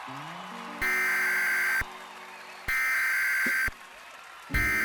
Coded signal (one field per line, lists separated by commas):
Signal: Emergency Alert System (SAME) tones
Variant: header bursts